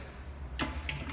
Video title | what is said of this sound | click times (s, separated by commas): Fitting a Toilet Seat | while pressing down firmly to click in place | 0.6 s, 0.9 s